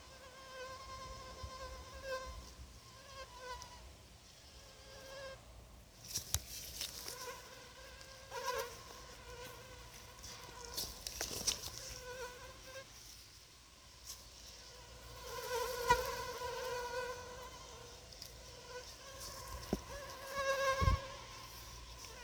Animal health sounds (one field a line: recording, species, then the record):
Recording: mosquito flight sound by mobile phone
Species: Anopheles arabiensis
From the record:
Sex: female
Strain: Rufisque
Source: CDC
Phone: Sony Xperia